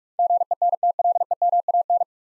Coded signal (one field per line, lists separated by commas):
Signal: Morse code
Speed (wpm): 44 wpm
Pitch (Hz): 700 Hz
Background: none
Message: GENTLEMAN